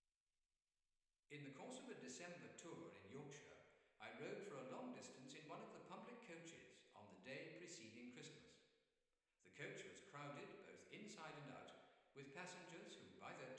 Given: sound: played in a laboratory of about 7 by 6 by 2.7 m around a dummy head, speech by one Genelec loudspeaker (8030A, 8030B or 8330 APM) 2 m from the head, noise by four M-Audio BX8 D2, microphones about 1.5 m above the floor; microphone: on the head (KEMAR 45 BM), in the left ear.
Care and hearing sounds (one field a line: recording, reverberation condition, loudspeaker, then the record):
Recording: male speech in English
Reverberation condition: high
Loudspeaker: 90 degrees to the left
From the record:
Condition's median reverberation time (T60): about 1300 ms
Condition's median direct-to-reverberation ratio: about -4.0 dB